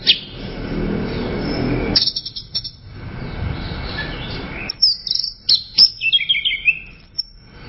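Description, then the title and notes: Bird song: a run of quick, high, sharp chirps and short whistles in the second half, after a stretch of steady rushing noise. "Bird Sound. Kicau Burung Lengkap"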